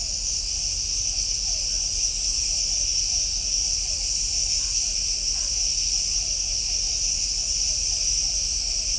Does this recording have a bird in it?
no